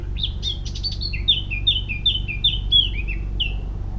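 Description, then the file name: Eurasian blackcap song: a short jumble, then a series of clear fluting notes, each sliding downward and repeated roughly every third of a second, over low background hum. "Sylvia atricapilla"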